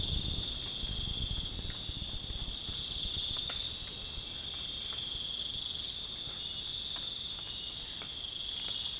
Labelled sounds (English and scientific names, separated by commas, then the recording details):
none
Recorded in pastures near Puerto Asís, Putumayo, Colombia, on 30 June 2025 at 01:30
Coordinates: 0.466, -76.322
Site GP07